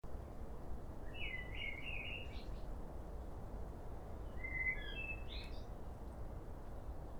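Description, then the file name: Common blackbird giving two short, quiet song phrases over continuous low rumbling noise. "Turdus merula"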